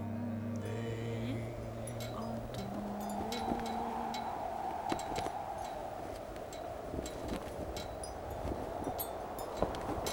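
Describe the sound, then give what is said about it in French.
Wind blows steadily through city streets as a constant, airy rush, with a low droning hum during the first few seconds and scattered faint clicks and ticks throughout. “Et dans les rues de cette ville, souffle le vent, continuellement.”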